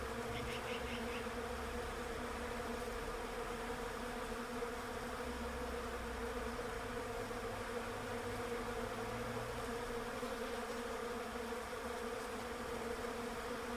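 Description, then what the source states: Bee: continuous hum of bees, even and unbroken, with a short run of faint high chirps right at the start. Bees in a Russian olive tree.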